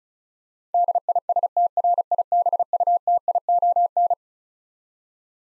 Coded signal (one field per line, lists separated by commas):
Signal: Morse code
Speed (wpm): 36 wpm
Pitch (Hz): 700 Hz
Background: none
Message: DISTRIBUTION